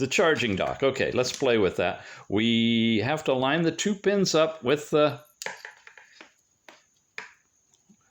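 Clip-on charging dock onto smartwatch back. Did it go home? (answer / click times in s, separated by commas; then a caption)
yes / 7.2 s. Someone talks, then lines up the two pogo pins of a plastic clip-on charging dock with the contacts on the back of a Bakeey F22 Apple Watch–shaped smartwatch and presses it on. A few small taps and clicks come from about 5.4 to 6.7 s as it is positioned. A sharp click at 7.2 s marks the dock seating onto the watch, though it ends up slightly off alignment.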